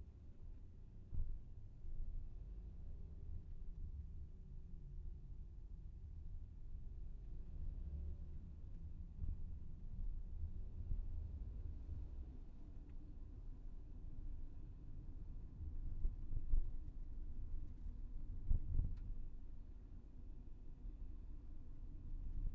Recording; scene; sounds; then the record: everyday scene through a hearing-aid microphone; in a vehicle; engine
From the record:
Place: VW T5 Caravelle, diesel engine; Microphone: behind the ear, left, front